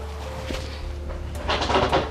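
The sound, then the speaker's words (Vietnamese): A door is pushed shut: a soft knock, then a louder burst of scraping and rattling as it closes, over a steady low electrical hum. “để đóng cửa xuống nha, nó ồn quá.”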